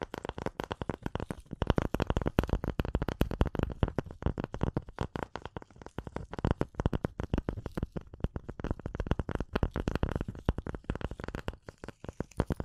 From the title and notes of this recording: ASMR Relaxing Tapping & Scratching Rode Mic Test (No Talking).